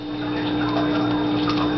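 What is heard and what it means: The plastic head piece of a Transformers Cybertron Voyager Class Leobreaker action figure is dug out from the back and drawn up and out of the robot torso. Only a steady, even wash of handling noise is heard, with constant low and high tones running underneath. Nothing has clicked or seated yet.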